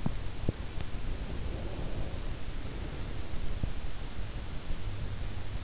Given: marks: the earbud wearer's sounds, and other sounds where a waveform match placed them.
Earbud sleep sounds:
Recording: sounds in sleep by an in-ear microphone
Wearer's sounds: breath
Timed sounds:
0.00-0.48 s: sound from someone else or the room
1.11-3.34 s: breath

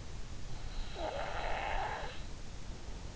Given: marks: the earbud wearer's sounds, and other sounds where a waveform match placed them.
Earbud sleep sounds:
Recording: sounds in sleep by an in-ear microphone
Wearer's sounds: breath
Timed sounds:
0.21-3.01 s: breath

